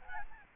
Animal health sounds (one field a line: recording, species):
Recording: mosquito wingbeat signal from an infrared sensor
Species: Aedes albopictus